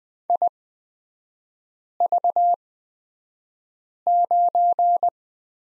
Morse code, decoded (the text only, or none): IV9